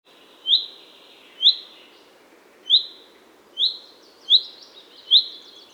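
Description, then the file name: Common chaffinch calling with clear, abrupt single notes, six calls spaced about a second apart over a soft steady background hiss. "Fringilla coelebs"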